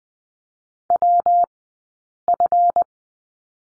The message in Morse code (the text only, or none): WF